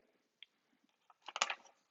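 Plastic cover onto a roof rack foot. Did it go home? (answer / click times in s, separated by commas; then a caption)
no / none. A plastic cover is handled against the foot of a Thule Evo Clamp roof rack with WingBar Evo crossbars on a 2014-2018 Mazda 3 4-door sedan, before being pressed back on to snap into place. Faint scattered ticks give way to a brief burst of sharp plastic clacks and rattling between about 1.3 and 1.5 seconds, then fade out. The cover has not seated or clicked into place yet.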